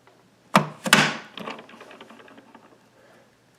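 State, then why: Seated. A caster wheel is pressed into a groove in a corner of an AeonAir dehumidifier's plastic base. Two loud, sharp snaps ring out at 0.6 s and 0.9 s, followed by fainter rattling ticks that fade out. The caster is seated in the groove.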